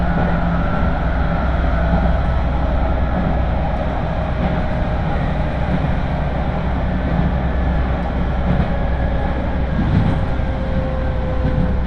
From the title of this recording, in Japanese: 東海道本線各駅停車 豊橋→西岡崎